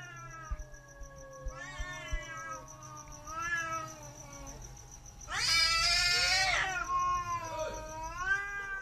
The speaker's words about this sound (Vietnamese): Cho đến khi có một con mèo khác chạy đến, hai con mèo bắt đầu gầm gừ nhau, kêu lên những tiếng ngoào ngoào, nghe cứ như trẻ con khóc, sợ lắm.